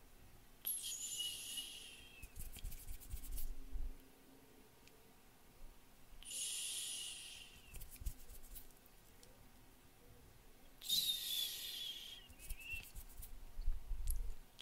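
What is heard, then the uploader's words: ASMR hand movements: three bursts of bright, hissy rubbing about every five seconds, with soft clicks, faint squeaks and low muffled thumps between. ASMR HAND MOVEMENTS MOUTH SOUNDS.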